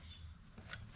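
On a 2011–2019 Ford Explorer, the top tabs of an air vent are pushed through the holes in a new radio bezel on the dash during a CarPlay stereo makeover. A sharp snap at 0.7 s stands out over a low hum, and the vent trim tabs seat in place.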